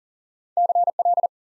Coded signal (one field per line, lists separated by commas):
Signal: Morse code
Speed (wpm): 38 wpm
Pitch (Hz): 700 Hz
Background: none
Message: CL